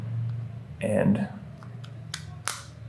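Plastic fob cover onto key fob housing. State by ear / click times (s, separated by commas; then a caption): seated / 2.1 s, 2.5 s. After a battery swap on a 2001–2004 Subaru Forester key fob, the plastic fob housing half is pressed back onto the fob while someone talks. Faint ticks come first, then two sharp plastic snaps at 2.1 s and 2.5 s as the case half clicks back on and seats.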